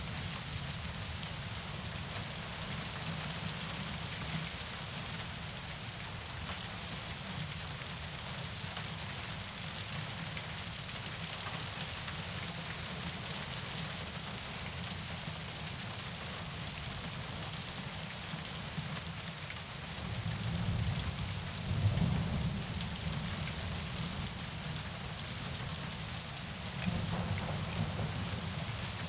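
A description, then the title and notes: Heavy rain hisses in a dense, steady wash, with a low rumble of thunder swelling briefly around twenty to twenty-three seconds. Heavy Rain and Light Thunder.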